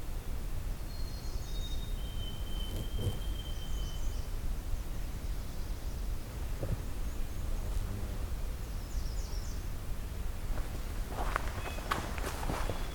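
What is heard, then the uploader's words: A morning hike through a nature preserve, with a steady low rumble and hiss underneath. Birds chirp and whistle in short bursts throughout, and scattered footsteps and rustles crunch along, growing denser and sharper near the end. The first part of a morning hike into the southern half of Pine Tree Point Nature Preserve, opening with a songful White-throated Sparrow.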